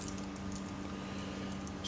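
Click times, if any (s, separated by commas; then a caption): none. An Iridium Torpedo 300 wristwatch is being put on, with its steel bracelet and clasp handled before closing. Small metal handling ticks are heard, most distinctly around 0.1 s and 0.6 s, over a steady low hum. Nothing has seated or clicked yet; the clasp has not snapped shut.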